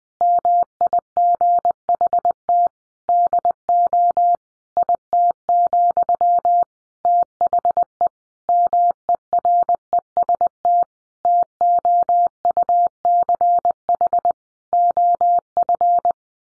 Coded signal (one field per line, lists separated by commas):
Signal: Morse code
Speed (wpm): 20 wpm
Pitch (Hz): 700 Hz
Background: none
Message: MIGHT DO IT, THE MEREST TOUCH OF